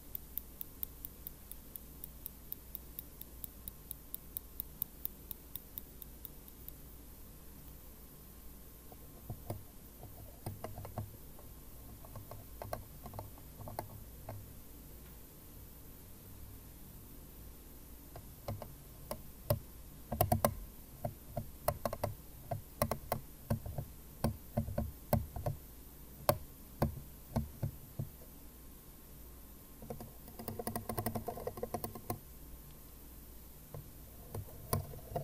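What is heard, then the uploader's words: Tweezers click and tap over a faint steady hiss, with small crisp ticks coming in irregular clusters. The handling gets busier around twenty seconds and again near thirty, adding soft dull knocks and brief scraping rustles before settling down. TWEEZERS, CHARCOAL MASK.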